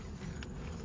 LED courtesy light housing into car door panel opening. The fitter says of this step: it just slides and clicks right in.